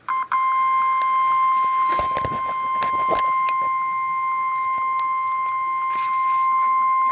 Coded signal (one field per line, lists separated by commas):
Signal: Emergency Alert System (SAME) tones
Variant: 1050 Hz attention tone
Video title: REAL EAS 297-Tornado warning